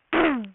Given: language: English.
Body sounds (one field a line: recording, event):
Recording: throat vibration sensor signal played as sound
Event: throat clearing